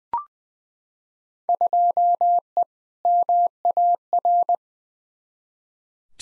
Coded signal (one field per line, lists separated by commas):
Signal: Morse code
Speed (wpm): 20 wpm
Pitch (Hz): 700 Hz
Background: none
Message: 2E MAR